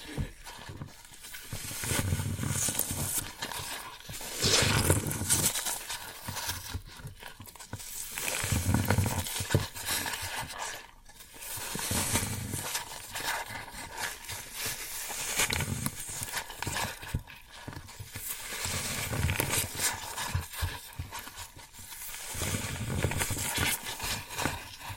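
Floral foam being pressed and crushed, giving a dense, crackly crunching that comes in uneven bursts. Louder crunches land around 5, 9 and 12 seconds, with short quieter gaps between squeezes. The sound stays rough and bright throughout, with soft low thuds beneath.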